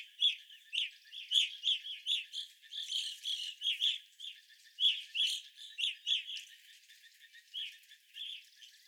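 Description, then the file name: Evening grosbeaks chirping together, bright, short notes repeated rapidly in clusters, loudest in the first half and thinning out toward the end. Several evening grosbeaks, recorded on 25 April 2021. "2021-04-25 Evening Grosbeaks"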